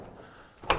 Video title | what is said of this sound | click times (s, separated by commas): CUCV/Squarebody Chevy Door Striker Bolt Install, Adjustment, Hinge Checking and Lubrication. | not closed, but it's latched. | 0.7 s